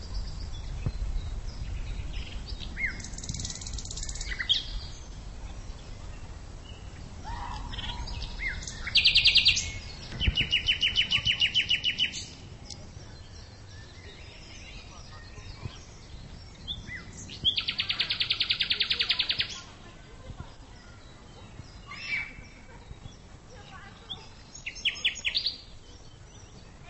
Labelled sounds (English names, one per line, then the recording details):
Common Nightingale song
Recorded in the wild
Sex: male
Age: adult
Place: Lübars (Fließtal), Berlin, DE
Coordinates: 52.6167, 13.35
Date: 1999-05-01 10:35
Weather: fair, 15°C
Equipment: Nagra SN, Kopie Uher 4000 Report Monitor
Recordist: Tembrock, Günter
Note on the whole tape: Gesang, anderes Exemplar (Teenager versuchen mit Schreien zu stören)